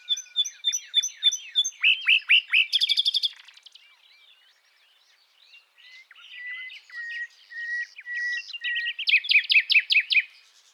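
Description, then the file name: Common nightingale delivering fast repeated whistles and a dry rattle, a near-silent pause, then quiet chirps rising into a loud pulsing trill. "Luscinia megarhynchos"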